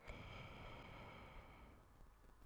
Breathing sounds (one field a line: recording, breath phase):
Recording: one breath near a microphone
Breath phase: exhalation